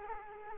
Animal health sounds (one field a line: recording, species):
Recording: mosquito wingbeat signal from an infrared sensor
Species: Culex quinquefasciatus